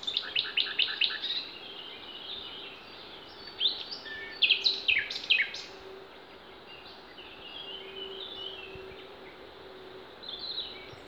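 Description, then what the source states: Songbird song: a fast run of high, repeated notes opens, followed by sharp whistled notes midway, then scattered soft chirps over constant background noise. Songbirds singing in Demerje forest, 28 April 2020.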